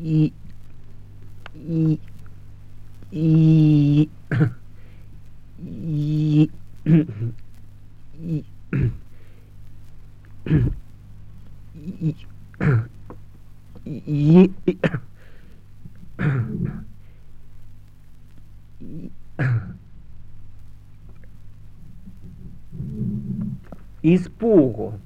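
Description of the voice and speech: A 46-year-old man with severe stuttering, which began after a fright, stretches an opening vowel, then goes through about twenty seconds of silent blocks broken by brief strained voiced bursts. Only then does he produce the word "испугу" ("fright"). Prolongations and long blocks badly interrupt the flow of speech.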